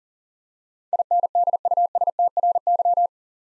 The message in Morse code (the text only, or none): INDUSTRY